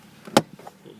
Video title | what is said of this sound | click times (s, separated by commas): Passenger Door Sill Install | you can hear the snapping already okay sounds | 0.4 s